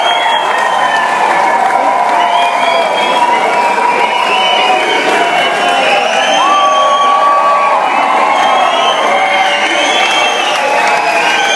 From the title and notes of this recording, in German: Pfeifkonzert at Stahlwerk by RODC4ST.